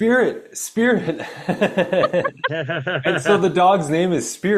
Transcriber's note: laughs